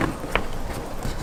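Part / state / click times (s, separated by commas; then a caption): wiring harness connector into door panel socket / not seated / none. A plastic door wiring harness connector on a 2005–2009 Mustang is being pushed toward its socket in the door panel during panel reinstallation. Short handling knocks and rustles are heard, including sharp taps at about 0.0 s and 0.4 s. Nothing has seated or clicked yet.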